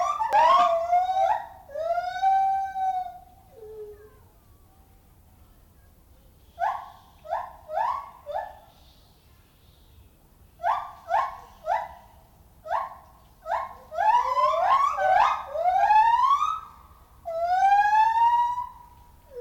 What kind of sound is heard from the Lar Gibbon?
call